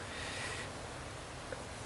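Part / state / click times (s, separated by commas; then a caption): spark plug wire boot onto spark plug in cylinder head / not seated / none. The short spark plug wire boot for cylinder two of a MINI Cooper is handled as it is pushed down into the plug hole toward the spark plug in the cylinder head. Steady broadband noise fills the clip, with one brief faint blip near 1.5 seconds. Nothing has seated or clicked yet.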